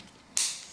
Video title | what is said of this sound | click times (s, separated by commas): Hasbro Transformers X Back To The Future Gigawatt Review ITA | l'interno finché non sentiamo un click così | 0.4 s